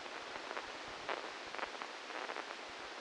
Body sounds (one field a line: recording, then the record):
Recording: brain microelectrode recording played as sound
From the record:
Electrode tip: inside the subthalamic nucleus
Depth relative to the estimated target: -2 mm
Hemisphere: left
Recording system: NeuroSet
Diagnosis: Parkinson's disease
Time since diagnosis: 12 years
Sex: male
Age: 61 years